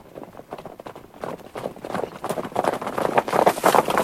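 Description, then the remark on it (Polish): Horse hooves clip-clop as riders mount and ride the horse, in a steady, quick rhythm of sharp knocks, growing gradually louder over a few seconds with no voices. “No to teraz razem z mamą wskakujemy i tatą na grzbiet konia.”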